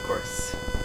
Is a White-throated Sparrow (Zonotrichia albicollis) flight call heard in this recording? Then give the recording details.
no. No flight call is heard. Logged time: 02:32 on 4 September 2014